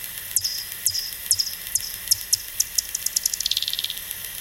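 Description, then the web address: Bat echolocation calls heard as sweeping clicks that speed up steadily into a fast buzz near the end, with hiss behind. "fledermaus hoerbeispiele-fledermausrufe fledermausruf"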